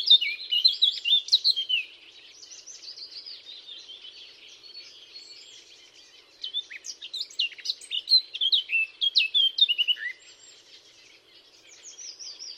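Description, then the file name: Eurasian blackcap song: a quick warbled phrase at the start, a quiet gap of soft twittering, then a second loud, jumbled warble of chirps and slurred whistles. "Sylvia atricapilla"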